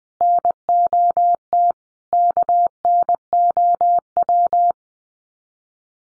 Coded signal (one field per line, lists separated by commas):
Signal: Morse code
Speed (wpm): 20 wpm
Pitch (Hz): 700 Hz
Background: none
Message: NOT KNOW